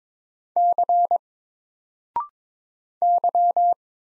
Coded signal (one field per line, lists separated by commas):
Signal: Morse code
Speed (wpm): 22 wpm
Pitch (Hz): 700 Hz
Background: none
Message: C Y